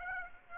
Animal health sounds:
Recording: mosquito wingbeat signal from an infrared sensor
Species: Aedes aegypti

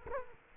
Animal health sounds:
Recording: mosquito wingbeat signal from an infrared sensor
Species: Culex quinquefasciatus

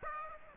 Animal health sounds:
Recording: mosquito wingbeat signal from an infrared sensor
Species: Aedes aegypti

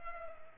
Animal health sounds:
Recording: mosquito wingbeat signal from an infrared sensor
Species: Culex pipiens

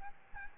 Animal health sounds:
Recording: mosquito wingbeat signal from an infrared sensor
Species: Aedes albopictus

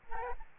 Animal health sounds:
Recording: mosquito wingbeat signal from an infrared sensor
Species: Aedes albopictus

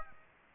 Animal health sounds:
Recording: mosquito wingbeat signal from an infrared sensor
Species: Aedes aegypti

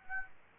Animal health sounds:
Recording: mosquito wingbeat signal from an infrared sensor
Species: Aedes aegypti

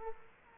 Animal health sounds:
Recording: mosquito wingbeat signal from an infrared sensor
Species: Culex quinquefasciatus

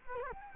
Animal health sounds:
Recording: mosquito wingbeat signal from an infrared sensor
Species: Culex quinquefasciatus

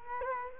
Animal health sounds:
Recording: mosquito wingbeat signal from an infrared sensor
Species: Culex quinquefasciatus

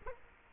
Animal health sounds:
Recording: mosquito wingbeat signal from an infrared sensor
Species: Culex quinquefasciatus

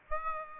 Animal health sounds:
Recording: mosquito wingbeat signal from an infrared sensor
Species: Aedes aegypti

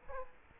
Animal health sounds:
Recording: mosquito wingbeat signal from an infrared sensor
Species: Culex quinquefasciatus

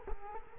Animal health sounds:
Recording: mosquito wingbeat signal from an infrared sensor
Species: Culex quinquefasciatus

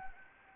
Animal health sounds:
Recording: mosquito wingbeat signal from an infrared sensor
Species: Anopheles gambiae

